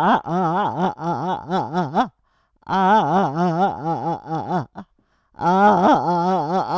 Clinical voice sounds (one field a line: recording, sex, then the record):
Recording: sustained vowel /a/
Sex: female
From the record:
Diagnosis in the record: Parkinson's disease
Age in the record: 78 years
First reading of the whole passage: 164 s, 3.2 characters per second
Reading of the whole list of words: 108 s, 2.6 characters per second